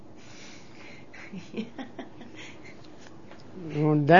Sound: laughs

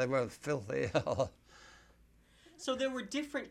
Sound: he laughs

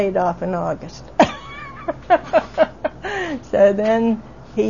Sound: both laugh

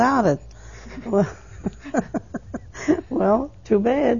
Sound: they laugh

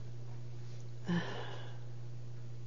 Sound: she sighs

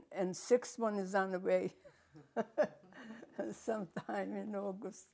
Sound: laughing

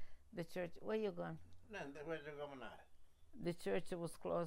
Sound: voice off mike

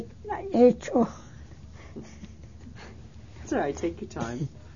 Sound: she laughs

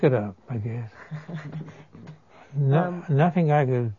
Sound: laughs

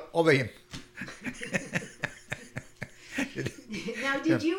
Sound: he laughs

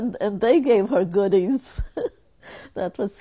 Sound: she laughs

